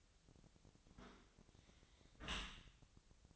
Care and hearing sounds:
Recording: daily activity, microphone in the room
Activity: close dishwasher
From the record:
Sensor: 3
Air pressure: 1003.1 hPa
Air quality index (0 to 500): 197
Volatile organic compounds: 6 ppm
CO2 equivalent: 1919 ppm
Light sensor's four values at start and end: 21/53/22/24 and 21/53/22/24

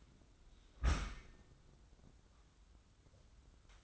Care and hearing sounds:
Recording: daily activity, microphone in the room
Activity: close dishwasher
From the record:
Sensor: 3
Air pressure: 994.5 hPa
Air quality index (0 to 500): 210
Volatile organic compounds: 1000 ppm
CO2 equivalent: 7010 ppm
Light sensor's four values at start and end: 191/461/195/194 and 206/498/211/211

